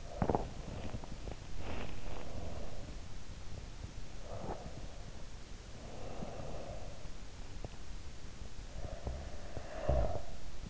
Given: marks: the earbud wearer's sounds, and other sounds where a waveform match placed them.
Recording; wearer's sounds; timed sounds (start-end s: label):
sounds in sleep by an in-ear microphone; teeth grinding, breath, snoring breath
0.00-2.41 s: teeth grinding
3.99-7.09 s: breath
8.59-10.70 s: snoring breath